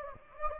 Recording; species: mosquito wingbeat signal from an infrared sensor; Anopheles gambiae